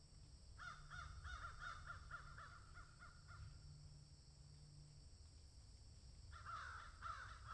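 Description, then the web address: Crow giving a rapid series of harsh, nasal caws, then a second burst near the end, over a low hum. "ворона"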